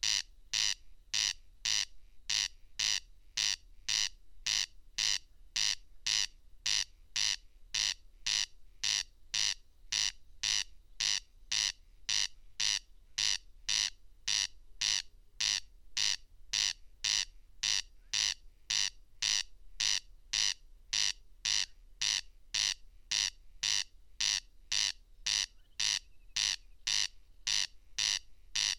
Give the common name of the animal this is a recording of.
Corn Crake